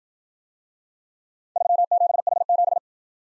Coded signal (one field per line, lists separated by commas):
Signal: Morse code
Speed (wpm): 55 wpm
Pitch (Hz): 700 Hz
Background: none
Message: 37H7